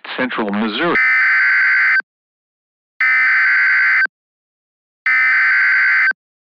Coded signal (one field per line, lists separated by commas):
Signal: Emergency Alert System (SAME) tones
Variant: header bursts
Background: speech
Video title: (EAS MOCK) Football Size Hail?!?!?!?